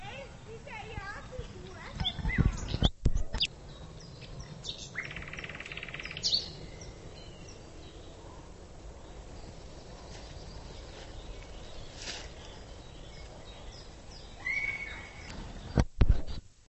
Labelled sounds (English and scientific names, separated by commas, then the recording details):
Common Nightingale (Luscinia megarhynchos) song
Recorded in the wild
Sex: male
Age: adult
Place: Lübars (Fließtal), Berlin, DE
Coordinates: 52.6167, 13.35
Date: 1999-05-01 10:35
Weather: fair, 15°C
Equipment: Nagra SN, Kopie Uher 4000 Report Monitor
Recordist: Tembrock, Günter